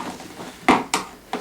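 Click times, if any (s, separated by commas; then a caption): 0.7 s, 0.9 s. A plastic body panel on a Tao Tao CY50A scooter is pulled together and pressed onto the frame until its clips snap in. Sharp clicks land at 0.7 s and 0.9 s, with a weaker click at 1.3 s. The panel is seated in place.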